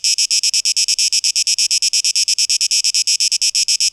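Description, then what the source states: Shrill cicada song made of quick, rhythmic buzzy pulses, steady in pitch and loudness. Cicadas, 12 August 2023.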